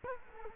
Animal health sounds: mosquito wingbeat signal from an infrared sensor; Culex quinquefasciatus

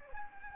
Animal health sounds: mosquito wingbeat signal from an infrared sensor; Anopheles gambiae

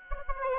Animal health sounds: mosquito wingbeat signal from an infrared sensor; Aedes albopictus

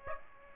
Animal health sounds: mosquito wingbeat signal from an infrared sensor; Aedes aegypti

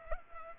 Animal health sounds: mosquito wingbeat signal from an infrared sensor; Culex pipiens

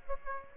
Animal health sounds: mosquito wingbeat signal from an infrared sensor; Aedes aegypti

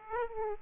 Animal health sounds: mosquito wingbeat signal from an infrared sensor; Aedes aegypti

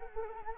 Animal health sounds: mosquito wingbeat signal from an infrared sensor; Anopheles arabiensis

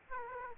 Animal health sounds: mosquito wingbeat signal from an infrared sensor; Aedes aegypti

